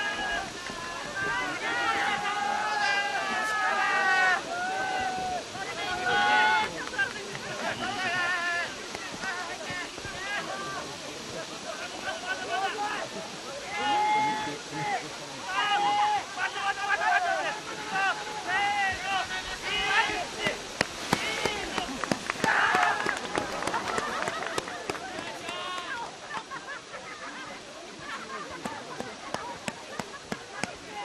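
Bräutigamwerfen: many voices talk and call out over one another in a lively crowd, with a few higher shouts rising above the chatter. From about twenty seconds on, quick sharp claps or knocks break in repeatedly while the voices continue.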